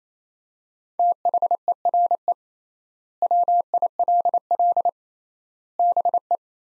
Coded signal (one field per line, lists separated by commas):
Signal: Morse code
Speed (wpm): 28 wpm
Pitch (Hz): 700 Hz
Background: none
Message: THERE WILL BE